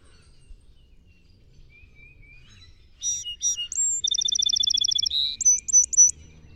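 Song sparrow song: two sharp opening notes and a high whistle, then a fast even trill of rattling notes and a few thin closing whistles, after three quiet seconds.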